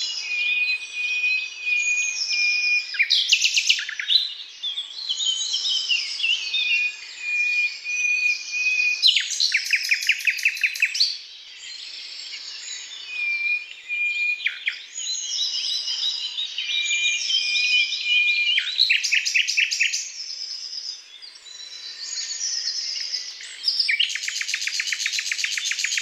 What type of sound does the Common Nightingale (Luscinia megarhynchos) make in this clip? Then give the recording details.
song. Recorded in the wild. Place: Waltershofen / Freiburg im Breisgau, Baden-Württemberg, DE. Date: 2005-05-12. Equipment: Minidisc Sony MZ-R35, Telinga DAT, Telinga-Parabolspiegel. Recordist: Schwarz, Dieter